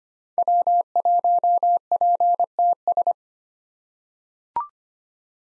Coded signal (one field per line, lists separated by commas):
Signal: Morse code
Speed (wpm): 25 wpm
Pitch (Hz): 700 Hz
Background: none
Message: W1PTS